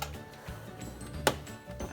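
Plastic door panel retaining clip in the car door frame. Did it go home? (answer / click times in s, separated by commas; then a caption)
released / 1.3 s. Someone pries and pulls the driver door trim panel away from the door of an Audi A4 to replace the master power window switch, and a plastic retaining clip in the car door frame pops out of its hole. A sharp snap at 1.3 s marks the clip snapping free, releasing that part of the panel.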